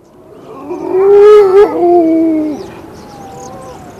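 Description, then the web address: Grey seal giving one loud, drawn-out harmonic wail that rises slightly, holds, then falls away over about two seconds. "gray seal"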